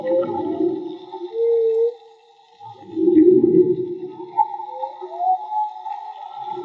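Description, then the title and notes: Whale song: moaning tones and a brief clear cry, a short silence, then a deep rumbling groan followed by a rising wail. Whale song, field recording made with DIY-built hydrophones; audio cleaned afterwards. "CANTO DE BALLENAS MAGMA. Grabación de campo y construcción dehidrofonos DIY. Limpieza de audio."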